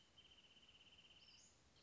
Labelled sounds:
Wrentit
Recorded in Sonoma County, California

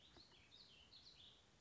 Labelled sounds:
Warbling Vireo
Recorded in Sonoma County, California

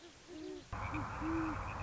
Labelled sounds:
Great Horned Owl
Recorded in Sonoma County, California

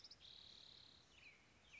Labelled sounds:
Spotted Towhee
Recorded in Sonoma County, California

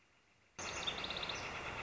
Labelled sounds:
Northern Flicker
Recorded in Sonoma County, California

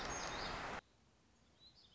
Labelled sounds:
Black-throated Gray Warbler
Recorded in Sonoma County, California

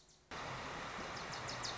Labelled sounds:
Wilson's Warbler
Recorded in Sonoma County, California

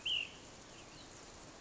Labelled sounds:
Ash-throated Flycatcher
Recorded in Sonoma County, California

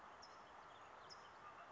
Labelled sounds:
California Towhee
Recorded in Sonoma County, California

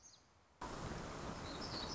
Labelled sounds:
Black-throated Gray Warbler
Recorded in Sonoma County, California

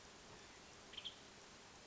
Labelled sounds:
Western Tanager
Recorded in Sonoma County, California

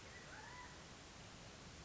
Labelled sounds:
California Quail
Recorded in Sonoma County, California

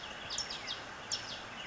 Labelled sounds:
California Towhee
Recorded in Sonoma County, California

